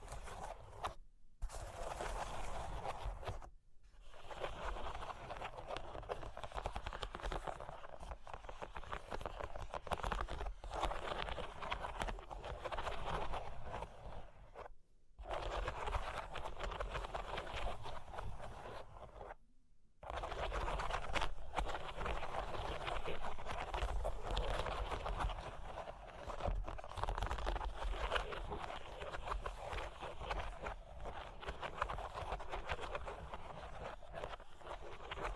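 Cork and wood being tapped, scratched and traced in a dense, continuous rustle of quick taps and rough scraping, with the texture shifting in bursts. Brief silent gaps break it near 1, 4, 15 and 20 seconds, and a low rumble runs underneath throughout.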